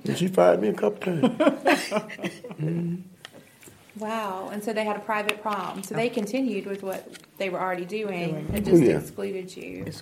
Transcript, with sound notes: and she fired me a couple times.
(laughter) Wow, and so they had a private prom. So they continued with what they were already doing and just excluded you.